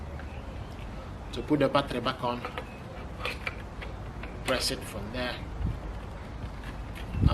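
Someone talks while a battery pack is held and lined up on the battery slot of a Challange grass trimmer, ready to be pushed down. Light handling knocks and scrapes come through around 3.3 s and 4.2 s. Nothing has seated or clicked yet.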